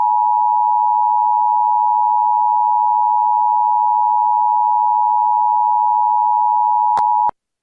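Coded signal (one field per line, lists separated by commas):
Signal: Emergency Alert System (SAME) tones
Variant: 853 and 960 Hz attention tone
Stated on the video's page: Fictional EAS scenario with valid tones, a work of fiction.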